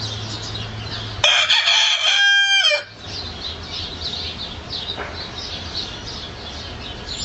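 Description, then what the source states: Chicken: rooster crowing once, a loud harsh cock-a-doodle-doo lasting nearly two seconds over a steady hiss, with faint twittering birds in the background. Male (rooster).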